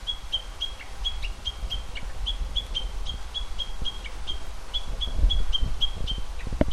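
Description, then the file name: Japanese bush warbler alarm: repeated sharp chip notes at a brisk, regular pace, with low rumbling noise and some thumps near the end. "uguisukeikai"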